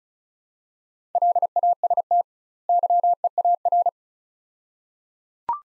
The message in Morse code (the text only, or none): LAST YEAR